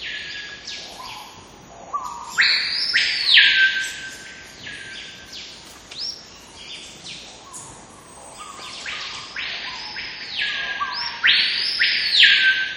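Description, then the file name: Screaming piha song: loud swooping whistles that rise and fall. "Lipaugus vociferans singing and whistling"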